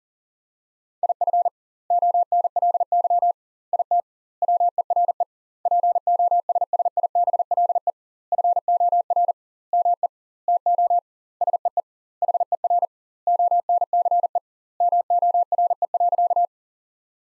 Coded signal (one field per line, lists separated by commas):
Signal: Morse code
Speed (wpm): 40 wpm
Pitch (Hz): 700 Hz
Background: none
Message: IF ONLY IT WERE POSSIBLE FOR ME TO SEE HER ONCE MORE.